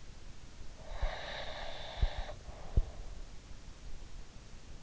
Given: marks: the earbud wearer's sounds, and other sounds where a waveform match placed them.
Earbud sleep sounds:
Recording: sounds in sleep by an in-ear microphone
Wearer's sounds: breath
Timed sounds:
0.96-3.20 s: breath

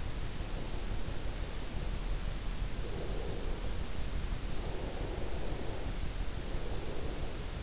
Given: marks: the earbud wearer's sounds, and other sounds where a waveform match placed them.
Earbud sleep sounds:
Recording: sounds in sleep by an in-ear microphone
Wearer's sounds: breath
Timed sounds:
0.16-7.63 s: breath

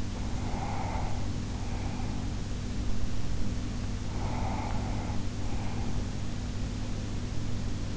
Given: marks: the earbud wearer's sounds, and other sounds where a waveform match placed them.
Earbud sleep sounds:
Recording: sounds in sleep by an in-ear microphone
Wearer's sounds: breath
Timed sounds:
0.00-2.55 s: breath
3.91-6.36 s: breath

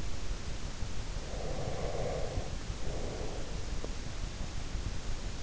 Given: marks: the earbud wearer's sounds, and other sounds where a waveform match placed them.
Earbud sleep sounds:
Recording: sounds in sleep by an in-ear microphone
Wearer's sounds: breath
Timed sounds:
1.03-4.06 s: breath

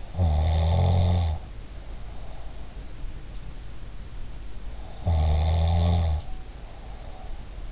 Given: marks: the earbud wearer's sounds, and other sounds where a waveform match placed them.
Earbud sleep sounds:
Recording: sounds in sleep by an in-ear microphone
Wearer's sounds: snoring breath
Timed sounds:
0.02-2.89 s: snoring breath
5.00-7.71 s: snoring breath

